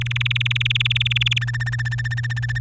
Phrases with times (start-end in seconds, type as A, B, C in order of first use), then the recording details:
0.01-1.38 A, 1.41-2.58 B. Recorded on 26 April 2018 at 17:50. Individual llb3